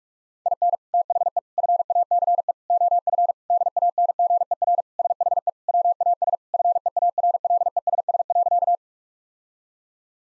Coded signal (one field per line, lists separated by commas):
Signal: Morse code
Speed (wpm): 46 wpm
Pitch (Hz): 700 Hz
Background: none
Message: IN THE FACE OF DANGER SHE WAS FEARLESS.